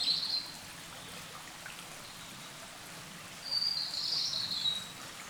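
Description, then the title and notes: Bird song: a short high thin phrase, a pause of about three seconds, then a longer high phrase, over a steady hiss like running water. Wild birds in forest along a small branch of the Dordogne at the exit of Carennac, France; recorded with a Zoom H5 and XYH-5 microphone. "A la sortie de Carennac, le long d'un petit bras de la Dordogne, les oiseaux dans la forêt"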